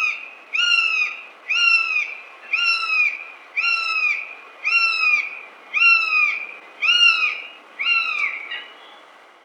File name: Jastreb teterevjatnik